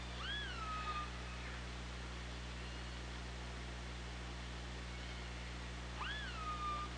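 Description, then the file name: Killer whale calls: two harmonic tonal calls, each sweeping sharply up then sliding down to a level tail, about six seconds apart, over a steady low underwater hum. Recorded by OrcaLab hydrophone underwater, 24 August 2017, 18:11:44. "Orca Lab UTLN JASON 20170824 181144"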